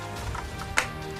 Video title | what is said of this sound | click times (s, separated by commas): Let's go monter Pikachu !!⚡ | Hop, c'est clipsé. | 0.8 s